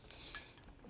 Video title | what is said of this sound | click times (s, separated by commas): VW Golf R Front Brake Pad & Rotor Replacement DIY (2022-Present Volkswagen Mk8 Golf R, GTI) | So, let's go ahead and make sure that clip is on the outside and just simply push it onto the outside stand, making sure that it locks in place on the inside. | 0.3 s